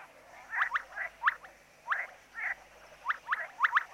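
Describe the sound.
Amphibian calls: several bright, sharp chirps, some doubled, mixed with softer, rougher notes.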